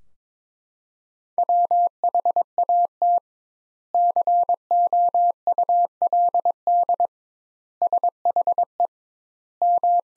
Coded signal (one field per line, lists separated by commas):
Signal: Morse code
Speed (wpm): 22 wpm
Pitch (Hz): 700 Hz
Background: none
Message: WHAT COULD SHE M